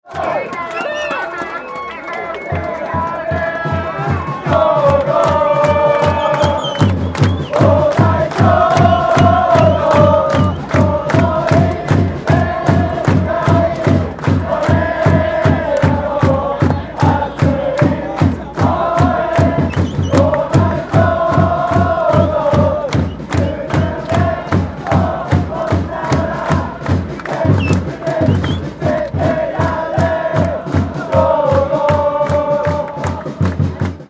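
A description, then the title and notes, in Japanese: Away supporters in a stadium's core seating zone chant together in a loud, sustained song, their voices rising and falling in a repeated melody. Steady, fast claps or drumbeats drive the rhythm throughout, with the chant swelling in after the first few seconds. チャント#10城後寿。J2第22節ヴァンフォーレ甲府vsアビスパ福岡。小瀬スポーツ公園陸上競技場アウェイ自由席コアゾーンの左斜め後ろ。ローランドR-09。AGC：OFF、EXT MIC TYPE：STEREO、LOW CUT：ON、MIC GAIN：LOW。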